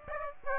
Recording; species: mosquito wingbeat signal from an infrared sensor; Aedes aegypti